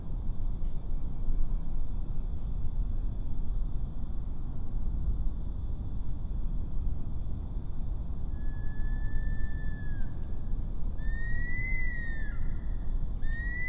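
Bush stone-curlew wailing whistles appearing after a long quiet stretch, drawn-out notes rising then dropping sharply, over a steady background hiss.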